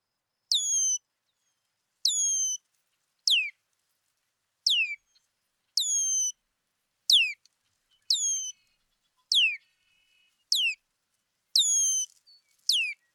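Red-winged blackbird calls: ten or so clear, high whistled notes, each sliding steeply downward, repeated roughly every second and a quarter.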